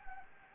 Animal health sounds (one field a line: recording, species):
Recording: mosquito wingbeat signal from an infrared sensor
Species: Anopheles gambiae